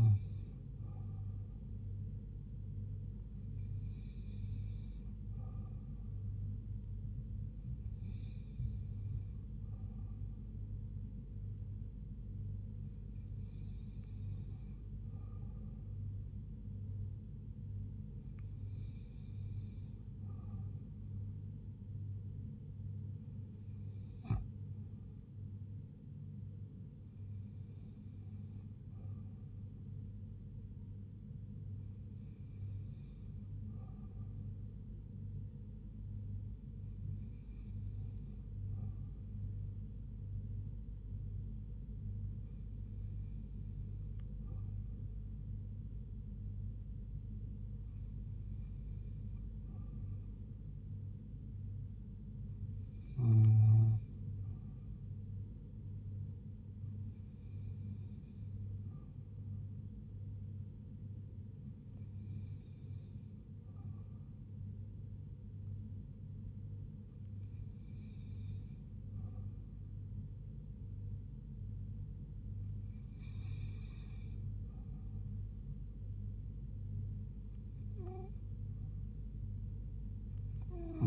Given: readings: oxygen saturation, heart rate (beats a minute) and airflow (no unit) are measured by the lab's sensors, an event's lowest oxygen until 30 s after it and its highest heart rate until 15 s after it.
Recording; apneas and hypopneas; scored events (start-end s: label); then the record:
breathing in sleep by a smartphone at the bedside; none
none scored
From the record:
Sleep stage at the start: N2 (light sleep); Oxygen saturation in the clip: 87 to 89%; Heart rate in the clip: 71 to 79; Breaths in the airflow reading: 17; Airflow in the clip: -3.7 to 3.1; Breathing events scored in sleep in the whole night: 158 in 7.3 hours asleep